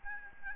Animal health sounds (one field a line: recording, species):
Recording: mosquito wingbeat signal from an infrared sensor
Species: Aedes albopictus